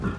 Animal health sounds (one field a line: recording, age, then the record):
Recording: pig call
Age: growing-finishing pig (85 days or more)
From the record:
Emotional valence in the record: positive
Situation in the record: run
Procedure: transit